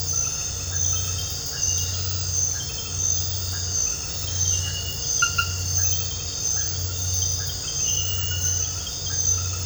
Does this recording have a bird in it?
no